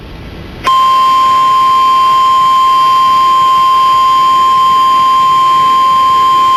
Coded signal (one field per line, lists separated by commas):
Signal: Emergency Alert System (SAME) tones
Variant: 1050 Hz attention tone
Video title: (EAS#204)(EXTREMELY RARE!!!!) 911 Telephone Outage Emergency